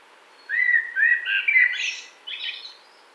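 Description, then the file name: Common blackbird giving one short phrase: several low whistled notes, then higher, scratchy twittering in two brief bursts. "CHyornyi drozd"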